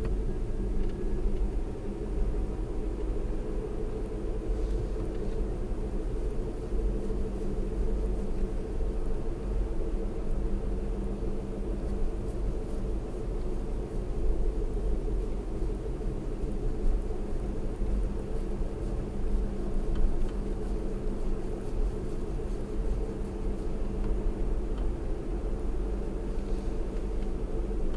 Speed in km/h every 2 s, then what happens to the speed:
45, 48, 48, 50, 50, 50, 48, 48, 50, 50, 52, 50, 52, 48.
0-28 steady at about 50.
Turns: none.